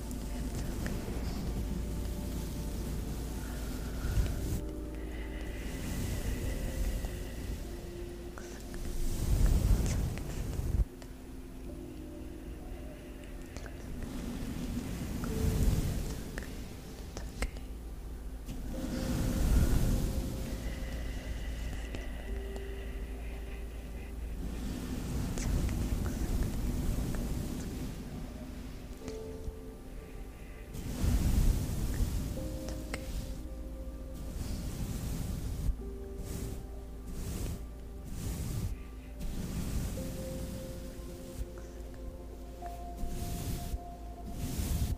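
Soft plucking and fluttering sounds, with hushed, unintelligible whispering woven through. Bursts of crinkly rustle flare up every few seconds, around 10, 15, 20 and 31 seconds, and quick tapping clusters late on, over a steady low hum.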